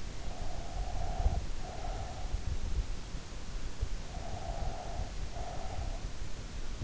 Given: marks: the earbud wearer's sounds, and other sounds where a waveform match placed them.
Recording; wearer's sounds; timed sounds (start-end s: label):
sounds in sleep by an in-ear microphone; breath
0.00-2.51 s: breath
4.13-6.46 s: breath